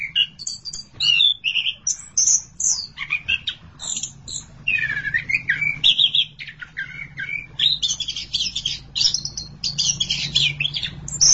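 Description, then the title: Thrush song, a lively mix of high whistles, chirps and trills in rapid bursts, with a low hum running underneath throughout. "burung anis x"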